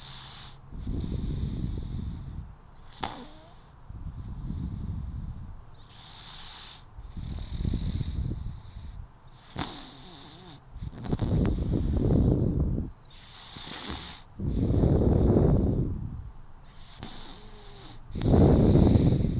Snoring baby.